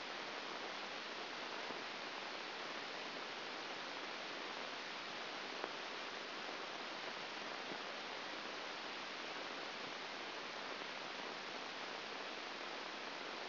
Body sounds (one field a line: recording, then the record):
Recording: brain microelectrode recording played as sound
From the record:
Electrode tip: outside the subthalamic nucleus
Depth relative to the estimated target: -4 mm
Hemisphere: left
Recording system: AlphaMap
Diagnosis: Parkinson's disease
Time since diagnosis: 9 years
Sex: male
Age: 68 years